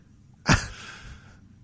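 A single loud, abrupt hiccup from an adult woman, with a sharp onset followed by a brief breathy tail.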